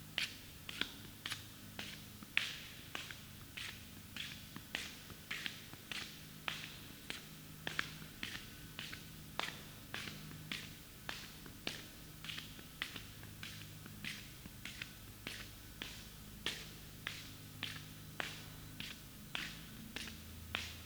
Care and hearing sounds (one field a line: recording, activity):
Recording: daily activity, guitar pickup as the sensor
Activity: walk